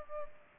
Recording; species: mosquito wingbeat signal from an infrared sensor; Culex pipiens